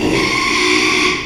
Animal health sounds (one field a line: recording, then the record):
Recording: squeal of a Yucatan mini pig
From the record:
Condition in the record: after surgery on the right vocal fold (resection and tissue-engineered implant)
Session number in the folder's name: 1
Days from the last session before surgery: 6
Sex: male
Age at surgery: 12 weeks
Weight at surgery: 13 kg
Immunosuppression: cyclosporine, prednisolone